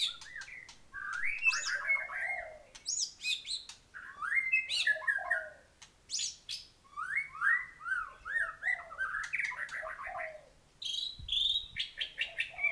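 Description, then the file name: White-rumped shama song of varied whistled phrases, quick descending and rising notes and scratchy high bursts, delivered in bouts separated by brief silences. Thailand. "suara murai thailand"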